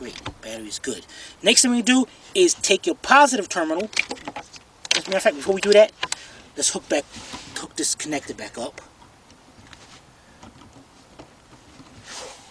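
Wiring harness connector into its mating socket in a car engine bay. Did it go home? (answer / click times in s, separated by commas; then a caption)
no / none. Someone talks, then handles a wiring harness connector near the battery in the engine bay of a 2006 Chevy Cobalt 2.2 that cranks slowly and sometimes will not start, pushing it by hand back toward its mating socket. Quieter handling noises come at about 9.7, 10.4 and 11.2 seconds, but the connector has not seated or clicked yet by the end of the clip.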